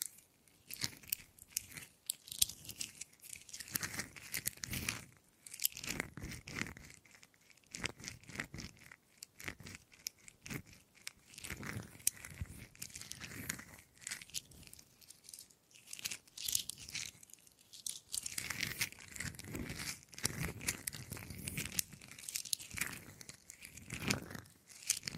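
Wooden tapping and scratching comes in dense, irregular bursts for the whole stretch, with crisp, crackly, crunching textures. Short sharp clicks and rubbing strokes cluster in quick runs, separated by brief quiet gaps, and the loudness jumps unevenly from moment to moment.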